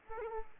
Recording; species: mosquito wingbeat signal from an infrared sensor; Aedes aegypti